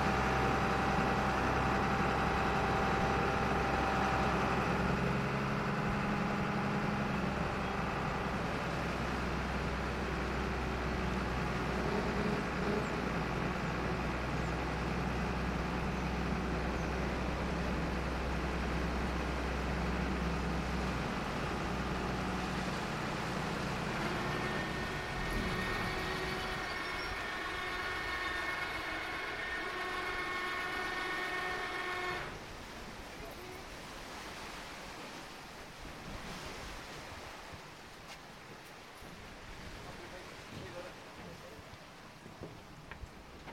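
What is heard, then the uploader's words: The sea tractor rumbles steadily with a deep engine drone and whining tones, which shift around 25 seconds and drop away at 32, leaving splashing water. The short crossing to Burgh Island on the world famous sea tractor.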